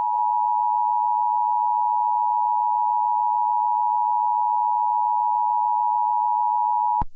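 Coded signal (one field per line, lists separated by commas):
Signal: Emergency Alert System (SAME) tones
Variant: 853 and 960 Hz attention tone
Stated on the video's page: Fictional EAS scenario using valid EAS tones.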